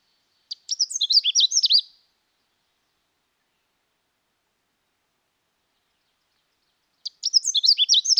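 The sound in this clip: Canada warbler song: two quick, tumbling phrases of high sharp chips and slurred notes, each over a second long, separated by a long quiet gap.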